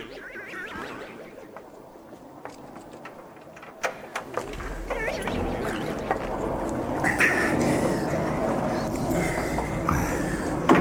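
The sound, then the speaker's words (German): A couple of sharp mechanical clacks as elevator doors shut in a post office, followed by a steady, growing low rumble and hum of the lift descending toward the basement, with faint scattered clicks over it. “Hier sind Liftkabinen. Wollen wir damit nach unten fahren?”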